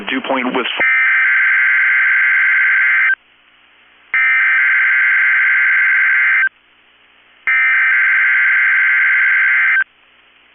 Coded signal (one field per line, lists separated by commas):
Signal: Emergency Alert System (SAME) tones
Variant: header bursts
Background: speech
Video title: 5/17/23 - KEC65 Required Weekly Test (EAS #776)